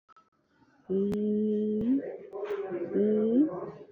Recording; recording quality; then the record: sustained vowel as in made; poor, much background noise or distortion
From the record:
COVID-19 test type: RT-PCR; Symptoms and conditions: cough, cold, loss of smell and taste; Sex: female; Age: 40 years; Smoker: no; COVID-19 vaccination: both doses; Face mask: worn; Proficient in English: yes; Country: India